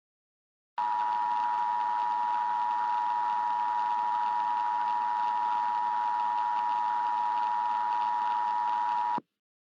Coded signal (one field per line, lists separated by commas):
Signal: Emergency Alert System (SAME) tones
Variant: 853 and 960 Hz attention tone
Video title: EAS Scenario #9: Hot Jupiter